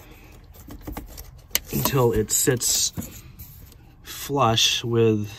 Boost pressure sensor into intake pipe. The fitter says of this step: and just push down towards that pipe until it clicks in you might have to Jiggle It